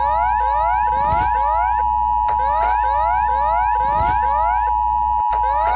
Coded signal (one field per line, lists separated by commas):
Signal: Emergency Alert System (SAME) tones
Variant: 853 and 960 Hz attention tone